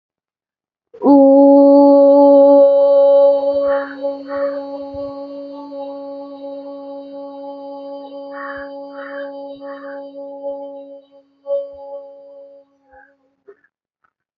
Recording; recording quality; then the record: sustained vowel as in boot; excellent, no background noise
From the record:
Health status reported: healthy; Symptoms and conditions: none ticked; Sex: female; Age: 26 years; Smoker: yes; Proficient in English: yes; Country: India